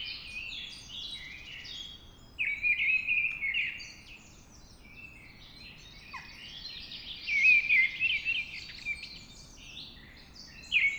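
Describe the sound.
Mistle Thrush song in a few loud whistled phrases separated by pauses, set against a busy dawn chorus of high twittering birds.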